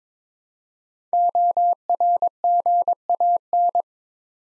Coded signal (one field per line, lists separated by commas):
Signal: Morse code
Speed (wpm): 22 wpm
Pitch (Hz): 700 Hz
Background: none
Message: ORGAN